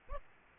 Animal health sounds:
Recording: mosquito wingbeat signal from an infrared sensor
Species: Aedes aegypti

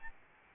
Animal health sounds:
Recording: mosquito wingbeat signal from an infrared sensor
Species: Aedes albopictus

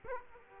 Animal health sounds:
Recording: mosquito wingbeat signal from an infrared sensor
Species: Aedes aegypti

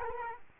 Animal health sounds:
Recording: mosquito wingbeat signal from an infrared sensor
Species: Culex quinquefasciatus

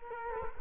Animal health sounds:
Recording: mosquito wingbeat signal from an infrared sensor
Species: Culex quinquefasciatus

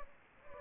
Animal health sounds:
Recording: mosquito wingbeat signal from an infrared sensor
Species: Culex pipiens

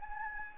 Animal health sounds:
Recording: mosquito wingbeat signal from an infrared sensor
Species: Anopheles gambiae

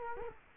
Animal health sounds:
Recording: mosquito wingbeat signal from an infrared sensor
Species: Culex quinquefasciatus

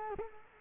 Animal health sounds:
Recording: mosquito wingbeat signal from an infrared sensor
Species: Culex quinquefasciatus

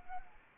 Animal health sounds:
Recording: mosquito wingbeat signal from an infrared sensor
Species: Anopheles arabiensis

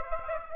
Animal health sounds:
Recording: mosquito wingbeat signal from an infrared sensor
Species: Aedes aegypti

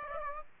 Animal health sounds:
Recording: mosquito wingbeat signal from an infrared sensor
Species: Aedes aegypti

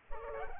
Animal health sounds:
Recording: mosquito wingbeat signal from an infrared sensor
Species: Culex pipiens

